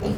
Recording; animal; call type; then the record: contact call of a hoofed animal; pig; closed-mouth grunt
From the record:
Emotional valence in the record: positive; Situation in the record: food and toys in familiar pen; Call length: 0.18 s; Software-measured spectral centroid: 1870 Hz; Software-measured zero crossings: 980 a second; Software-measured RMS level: -25 dBFS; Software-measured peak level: -14 dBFS